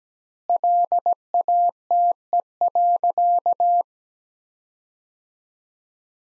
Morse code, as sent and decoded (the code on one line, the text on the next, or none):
.-.. .- - . .-.-.-
LATE.